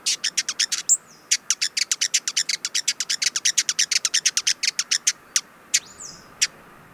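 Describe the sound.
Hooded visorbearer giving a rapid series of sharp, high chips, about six per second, that slow and thin out toward the end.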